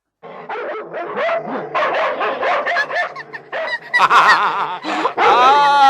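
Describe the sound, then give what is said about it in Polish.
Several dogs chasing a hare bark and yip excitedly in a rapid, overlapping frenzy, loud and continuous, with high-pitched yelps and whines mixed among the deeper barks. “Pieski, weźcie się do roboty, złapcie zajączka i przyprowadźcie do mnie.”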